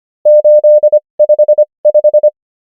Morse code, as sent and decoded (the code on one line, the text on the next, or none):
---.. ..... .....
855